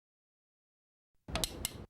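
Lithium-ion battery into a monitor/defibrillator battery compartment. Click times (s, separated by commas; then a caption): 1.4 s, 1.7 s. A lithium-ion battery is lined up in the battery compartment of a HeartStart MRx monitor/defibrillator and pushed in. After about 1.3 seconds of silence, a broad scraping slide begins, with short sharp clicks at 1.4 s and 1.7 s, before the sound stops at about 1.9 s. The battery clicks into place and is seated.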